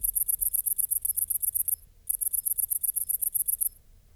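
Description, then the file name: Great green bush-cricket song: a very high, rapid buzzing trill in two long pulsed bursts separated by a brief silence near the middle. "Tettigonia viridissima"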